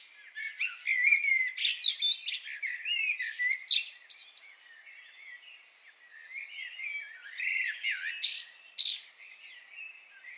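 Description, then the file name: Common blackbird delivering long, fluty, meandering warbles with sharp high chips, two main bursts of song with a softer passage between. "Turdus merula"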